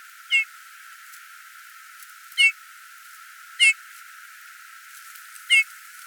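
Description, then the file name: Eurasian bullfinch giving soft, short piping whistles, four calls spaced irregularly about one to two seconds apart over a quiet background. "Domherre"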